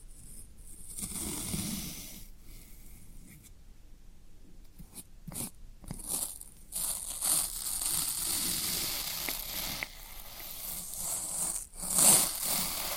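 Floral foam is pressed and broken in a run of soft crunches and crackles, with brighter bursts near 2, 5–7 and 12 seconds. The crumbly texture is dense and irregular, mostly high and hissy, over faint low thuds.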